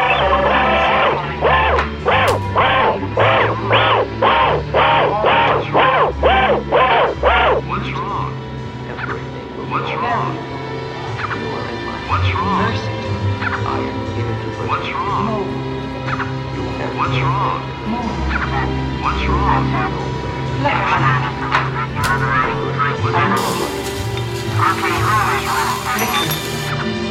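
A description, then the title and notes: At the Duomo in Siena, a quick run of regular bursts opens over low rumble, then steady voices chatter, with a bright hiss near the end. Duomo, Siena, Italy.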